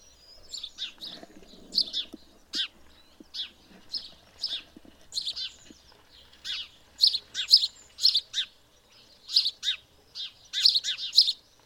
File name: Passer domesticus